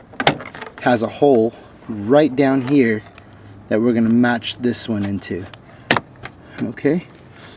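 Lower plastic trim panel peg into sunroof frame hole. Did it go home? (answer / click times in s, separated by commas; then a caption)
no / none. On a Jeep Commander whose sunroof is being fixed for a leak, the bottom peg of a plastic sunroof trim panel is lined up with its hole in the frame while someone talks. Sharp handling taps are heard near 0.2 s and 5.9 s. Nothing has seated or clicked yet.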